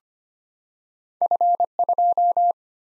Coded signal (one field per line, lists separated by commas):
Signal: Morse code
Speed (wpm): 25 wpm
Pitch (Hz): 700 Hz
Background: none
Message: F2